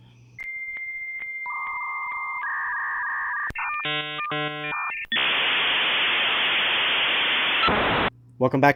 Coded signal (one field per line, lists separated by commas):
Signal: dial-up modem handshake